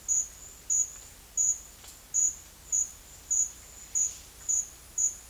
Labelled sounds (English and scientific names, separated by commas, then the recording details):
none
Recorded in secondary vegetation near Puerto Asís, Putumayo, Colombia, on 22 June 2025
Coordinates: 0.488, -76.319
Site G094